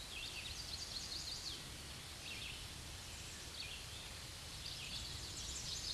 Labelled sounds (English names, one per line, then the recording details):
Chestnut-sided Warbler song
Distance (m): 40 m
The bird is about 10 m above the microphone
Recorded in a Pennsylvania forest on 16 May 2024 at 06:53
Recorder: AudioMoth, point MSD-0814
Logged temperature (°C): 15.8 °C
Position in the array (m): 170 m, 151 m